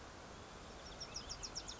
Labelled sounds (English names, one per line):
Bewick's Wren